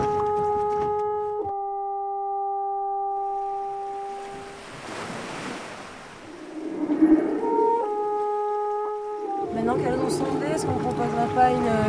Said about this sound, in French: J'ai envie d'avoir beaucoup de sons parasites de bateau. Ouais, c'est sûr.